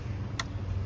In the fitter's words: hear that click.